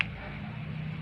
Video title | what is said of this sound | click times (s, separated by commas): STEP BY STEP TAGALOG HOW TO MAKE SHAY TRAP FOR WATERHEN | Oh, 'di ba nag-lock na siya? | 0.0 s